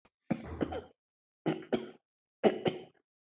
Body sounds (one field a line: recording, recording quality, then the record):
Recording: shallow voluntary cough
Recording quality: excellent, no background noise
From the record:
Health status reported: healthy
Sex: male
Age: 54 years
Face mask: not worn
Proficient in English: yes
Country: India